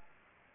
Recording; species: mosquito wingbeat signal from an infrared sensor; Anopheles gambiae